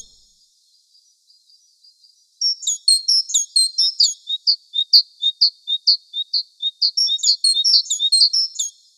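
Sparrow chirps, a few faint notes at first, then a fast, steady run of bright, high chirps from the third second to the end.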